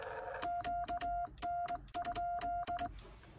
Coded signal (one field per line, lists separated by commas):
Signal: Morse code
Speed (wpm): 20 wpm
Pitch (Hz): 700 Hz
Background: none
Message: QN?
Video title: POTA K-1001 10/12/2022 QRP CW using a Xiegu X6100 with a home-brew cootie sideswiper.